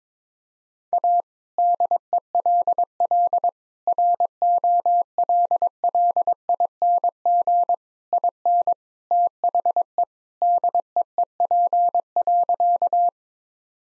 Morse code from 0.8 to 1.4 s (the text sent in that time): A